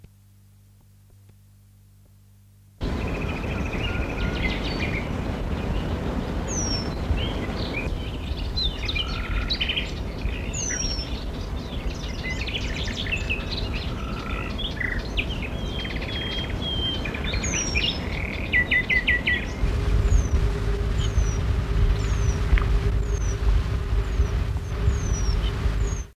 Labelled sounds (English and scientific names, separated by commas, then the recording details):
Eurasian Penduline Tit (Remiz pendulinus) call
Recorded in the wild
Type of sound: call
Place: Koronia-See, Zentralmakedonien, GR
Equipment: Halbspur, 9,5 cm/s
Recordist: Lütgens, Hans
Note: Rufe